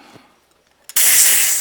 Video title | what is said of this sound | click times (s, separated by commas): AVE Utility Knife Spring Modification | it's not seated properly just a quick bump will fix that but | 0.9 s, 1.0 s